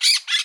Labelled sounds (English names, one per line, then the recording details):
Brown-throated Parakeet contact call
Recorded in Bonaire
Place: 1 km E of roosting area just N of Seru Largu
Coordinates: 12.199, -68.268